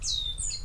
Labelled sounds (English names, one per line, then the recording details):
Stitchbird song
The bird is a male
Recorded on Tiritiri Matangi Island, New Zealand, in 2005
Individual 19, of nest box 27